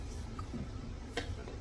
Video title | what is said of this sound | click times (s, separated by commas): Nidec Shrimpo table top wheel review. | The bat just snaps on again. | 0.4 s, 1.2 s